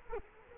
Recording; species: mosquito wingbeat signal from an infrared sensor; Culex quinquefasciatus